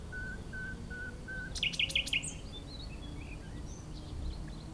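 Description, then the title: Common nightingale song: a few soft low whistled notes, then a fast burst of four sharp repeated chirps, followed by scattered faint notes over steady wind rumble. Wild nightingale singing in breeding season, hidden in scrub, Chindrieux, France; sunny day, fairly strong west wind; Zoom H4n Pro on the ground in a small valley, tens of metres away. "Chindrieux, France - Rossignol"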